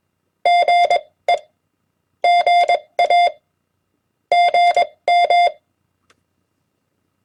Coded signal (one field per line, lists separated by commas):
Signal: Morse code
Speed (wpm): 21 wpm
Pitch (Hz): 700 Hz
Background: none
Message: GE GA GM